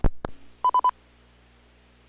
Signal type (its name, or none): none